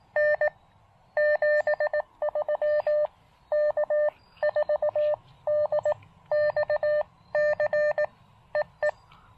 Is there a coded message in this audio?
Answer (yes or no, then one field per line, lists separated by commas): yes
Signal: Morse code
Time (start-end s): 0.2-8.9 s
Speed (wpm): 18 wpm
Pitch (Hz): 590 Hz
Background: none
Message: N 73 K4DXC EE